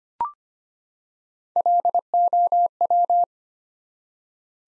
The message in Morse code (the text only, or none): LOW